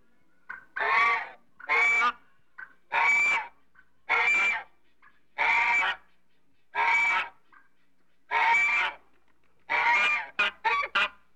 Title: BirdAfricanGoose